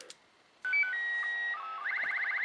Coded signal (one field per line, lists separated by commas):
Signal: SSTV (slow-scan television)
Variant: Robot BW 8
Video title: First trial of a Raspberry Pi SSTV beacon